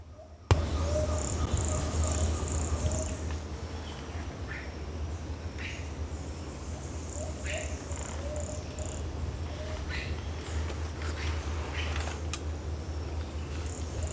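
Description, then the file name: Pumpkin toadlet (Brachycephalus sulfuratus): toadlet giving series of brief, very high notes over a low hum, with a sharp click near the start and other faint calls. Single individual, not collected, recorded at Núcleo Itutinga Pilões on 8 October 2016. "Brachycephalus sulfuratus Nucleo Itutinga Piloes ind 1 not collected 08 out 2016"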